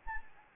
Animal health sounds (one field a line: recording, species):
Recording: mosquito wingbeat signal from an infrared sensor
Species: Anopheles arabiensis